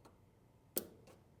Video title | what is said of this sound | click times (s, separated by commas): Air Assist Upgrade - Worth It? Hydra Series Co2 Lasers by OneLaser | snaps right in and now we need to run this line all the way to the other side of the machine | 0.8 s